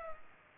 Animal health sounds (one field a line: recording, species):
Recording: mosquito wingbeat signal from an infrared sensor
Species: Culex pipiens